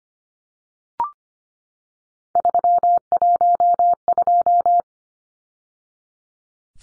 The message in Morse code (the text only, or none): 312